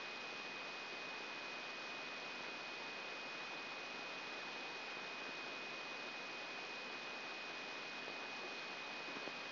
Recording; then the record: brain microelectrode recording played as sound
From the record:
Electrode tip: inside the subthalamic nucleus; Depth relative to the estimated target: 0 mm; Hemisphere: right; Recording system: AlphaMap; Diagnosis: Parkinson's disease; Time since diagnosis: 16 years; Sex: male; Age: 60 years